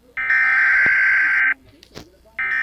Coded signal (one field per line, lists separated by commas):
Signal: Emergency Alert System (SAME) tones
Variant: header bursts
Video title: REACTING to EAS ALARMS AROUND the WORLD..